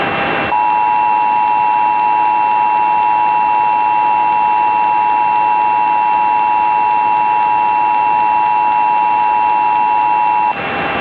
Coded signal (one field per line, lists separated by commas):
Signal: Emergency Alert System (SAME) tones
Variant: 853 and 960 Hz attention tone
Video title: EAS SCENARIO•Santa Clara Volcano